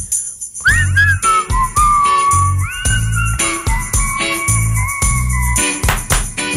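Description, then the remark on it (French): A person whistles a sliding, wavering melody over a steady thumping rhythmic backing, the whistled tune rising and falling in pitch for several seconds without any talking. “Prêt à siffler.”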